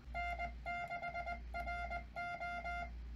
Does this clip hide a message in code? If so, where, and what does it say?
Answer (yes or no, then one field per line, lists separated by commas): yes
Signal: Morse code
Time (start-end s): 0.2-2.9 s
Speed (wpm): 20 wpm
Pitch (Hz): 700 Hz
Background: music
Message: N6RO